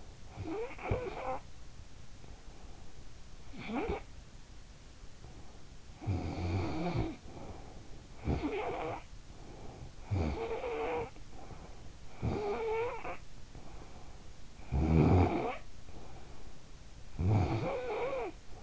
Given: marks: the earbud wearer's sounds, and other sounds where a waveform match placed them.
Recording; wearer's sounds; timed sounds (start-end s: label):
sounds in sleep by an in-ear microphone; snoring breath
0.14-1.69 s: snoring breath
3.26-4.29 s: snoring breath
5.80-14.01 s: snoring breath
14.46-16.09 s: snoring breath
16.75-18.63 s: snoring breath